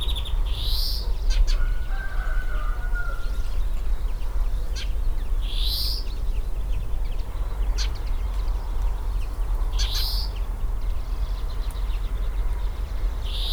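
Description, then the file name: European greenfinch calling: brief buzzy notes repeated at intervals of several seconds against a steady low rumble, with a few faint clicks between. "Chloris chloris"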